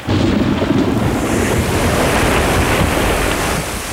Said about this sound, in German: Eine gigantische Welle krachte über das Boot herein.